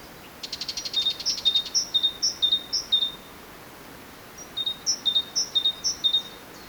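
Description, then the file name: Great tit repeating clear two-note phrases, high to lower, in two runs of about five, after a brief buzzy rattle at the start. "Parus major"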